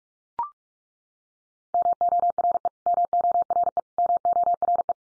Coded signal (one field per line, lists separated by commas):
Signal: Morse code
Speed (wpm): 44 wpm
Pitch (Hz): 700 Hz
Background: none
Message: MORE MORE MORE